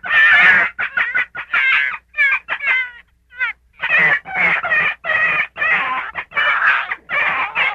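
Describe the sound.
Gray fox giving a rapid series of harsh, harmonic yelping calls, bursts clustered and broken by brief pauses, with a quieter stretch of shorter notes midway.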